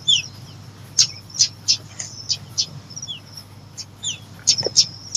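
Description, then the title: Lovebird chirps: scattered sharp high chips and down-slurred squeaks with short buzzy notes, irregular rhythm. Recording used to lure lovebirds. "PIKAT BURUNG LOVEBIRD"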